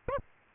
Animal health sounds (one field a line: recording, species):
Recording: mosquito wingbeat signal from an infrared sensor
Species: Aedes albopictus